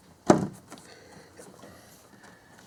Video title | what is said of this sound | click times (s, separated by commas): How To Replace A Thermostat 2010-19 Dodge Ram 5.7L Hemi PT 3: New Coolant Reserve Tank Installation | all right you hear that clunk | 0.3 s